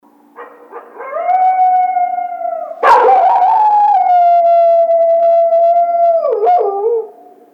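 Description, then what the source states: Coyote howl: a few short notes lead into a long sustained wail, broken by a brief harsh burst, then ending in a broken, wavering drop. Recorded 1 February 2010.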